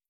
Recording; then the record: hydrophone in a shrimp aquaculture tank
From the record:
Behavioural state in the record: starved